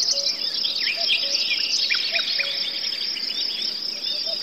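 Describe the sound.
Forest birds, cuckoo and crickets: birds chirp and twitter busily over a steady high cricket trill, with a few soft low hooting notes from a cuckoo in the background.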